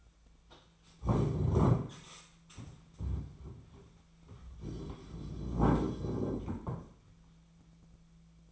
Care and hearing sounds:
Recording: daily activity, microphone in the room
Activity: stand up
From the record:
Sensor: 1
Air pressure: 1008.2 hPa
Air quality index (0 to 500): 192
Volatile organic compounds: 17 ppm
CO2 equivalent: 2598 ppm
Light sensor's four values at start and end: 15/38/15/17 and 15/37/15/17

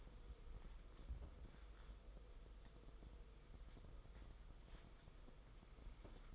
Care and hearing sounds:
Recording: daily activity, microphone in the room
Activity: wipe stove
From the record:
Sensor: 5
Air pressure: 990.7 hPa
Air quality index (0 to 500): 157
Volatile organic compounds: 223 ppm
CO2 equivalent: 4286 ppm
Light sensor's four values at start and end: 44/127/50/54 and 44/126/50/53

